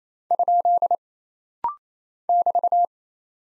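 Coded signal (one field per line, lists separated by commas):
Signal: Morse code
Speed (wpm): 28 wpm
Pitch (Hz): 700 Hz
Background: none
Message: ? <BT>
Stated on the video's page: Rapid-fire 28 wpm head-copy drill of single punctuation and prosign characters, with a very short gap to train instant character recognition.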